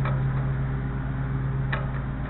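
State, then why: Seated. A launch carrier riding on regular skateboard bearings slides along the rail of a bungee catapult launcher for R/C aircraft over a steady low hum, with a soft knock near the start. At 1.7 s a sharp tick is heard as the carrier latches and locks into place on the rail.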